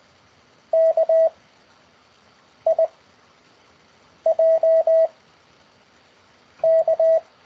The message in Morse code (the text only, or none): K I J K